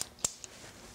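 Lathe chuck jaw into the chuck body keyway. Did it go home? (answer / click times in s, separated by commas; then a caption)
yes / 0.2 s. A replacement lathe chuck jaw is slid into the keyway of a four-jaw scroll chuck body from Easy Wood Tools and snaps into place behind its small latch. A faint tick at the start is followed by a sharp, bright click at 0.3 s and a lighter tick at 0.4 s. The jaw is seated.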